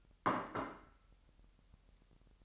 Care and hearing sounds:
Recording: daily activity, microphone in the room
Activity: place plate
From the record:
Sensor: 3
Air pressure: 1002.0 hPa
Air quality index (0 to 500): 246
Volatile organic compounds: 50 ppm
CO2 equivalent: 3302 ppm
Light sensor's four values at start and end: 12/36/16/13 and 12/36/16/13

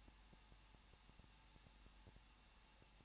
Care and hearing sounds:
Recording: daily activity, microphone in the room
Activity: no activity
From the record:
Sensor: 1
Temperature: 20.1 degrees Celsius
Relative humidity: 39.1%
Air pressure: 1006.5 hPa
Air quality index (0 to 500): 216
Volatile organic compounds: 72 ppm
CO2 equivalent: 3541 ppm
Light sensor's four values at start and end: 1/2/1/1 and 1/2/1/1

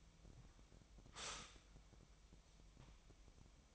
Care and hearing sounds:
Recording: daily activity, microphone in the room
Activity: stop toaster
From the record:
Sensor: 1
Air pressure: 1002.0 hPa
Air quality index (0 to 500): 240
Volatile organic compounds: 44 ppm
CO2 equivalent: 3211 ppm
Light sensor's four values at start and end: 10/35/12/14 and 10/35/12/14

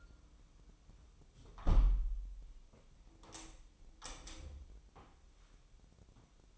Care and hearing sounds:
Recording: daily activity, microphone in the room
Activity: close window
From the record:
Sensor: 1

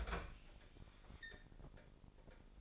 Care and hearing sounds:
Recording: daily activity, microphone in the room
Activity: open fridge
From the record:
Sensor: 5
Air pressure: 995.3 hPa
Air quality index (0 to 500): 83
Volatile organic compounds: 3 ppm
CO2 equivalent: 1535 ppm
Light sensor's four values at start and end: 35/85/34/35 and 37/89/36/37

